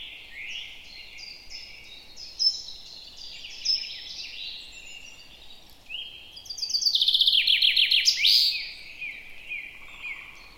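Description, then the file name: Common chaffinch song: a loud rattling series of descending notes ending in a quick flourish, preceded by softer high chirps and whistles. "Fringilla coelebs"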